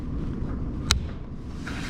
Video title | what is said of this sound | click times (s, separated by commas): Installing Hidden Hinges on Cabinet Doors | and we're locked into place now our hinges are installed on the door | 0.9 s